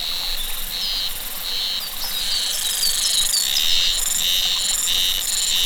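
Cicada song made of repeated high buzzy pulses, roughly one and a half per second. Chirping calls are mixed through it.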